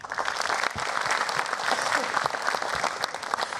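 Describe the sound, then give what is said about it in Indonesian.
An audience claps steadily, a dense wash of many hands with no pauses, sustained and fairly loud across the few seconds, applauding the comedian Popon on the stand-up comedy competition show SUCI 8. “Saya ingin memulai dengan tepuk tangan buat Popon.”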